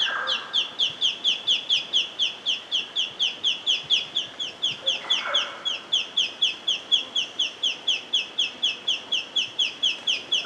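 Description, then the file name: White-faced robin calling: a long, steady series of short, sharp notes repeated rapidly throughout, with a brief lower sound in the background. Papua New Guinea. "Treg Leuc"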